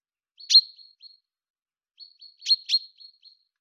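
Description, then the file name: Common chaffinch calls: a sharp, bright note, a few soft ticking notes, then a double sharp call with faint follow-up ticks, on a silent background. "Fringilla coelebs"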